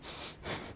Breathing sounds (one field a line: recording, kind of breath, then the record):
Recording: one breath in and out by a microphone near the nose and mouth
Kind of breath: strong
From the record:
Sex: male